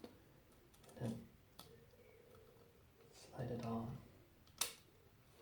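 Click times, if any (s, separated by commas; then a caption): 4.6 s. A small split bushing on a ZX9R motorcycle front fork tube is pried open slightly and slid on while someone talks. It snaps into its groove with a sharp click at 4.6 seconds, and the bushing is seated in place.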